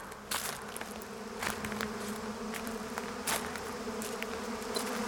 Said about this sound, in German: Schau mal, all die Bienen.